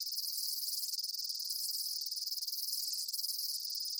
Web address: Blast Wave Update 1 Amb Day Insects. animal ambience insects chirps day bugs